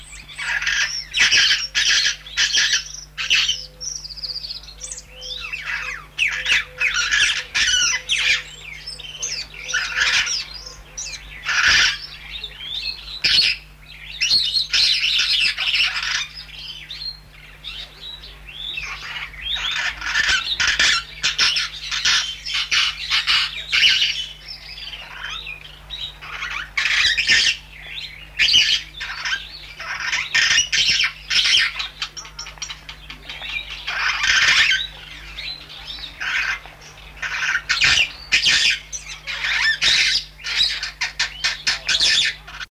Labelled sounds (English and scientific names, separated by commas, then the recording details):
Long-tailed Glossy Starling (Lamprotornis caudatus) song
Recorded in captivity
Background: Aplonis cantoroides
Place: Vogelpark Walsrode, Niedersachsen, DE
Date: 1977-09-09
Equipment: Halbspur, 9,5 cm/s
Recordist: Lütgens, Hans
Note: Langschwanz-Glanzstar-Gesang, helle Laute von Siedelstar